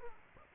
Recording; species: mosquito wingbeat signal from an infrared sensor; Aedes aegypti